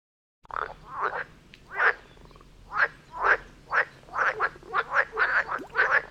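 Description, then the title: Frogs croaking in chorus: rasping, pulsed croaks that come faster and overlap toward the end. Frog chorus near Vellerner Brook in Neubeckum, recorded at 2 pm. "Frog concert near Vellerner Brook in Neubeckum - 2pm"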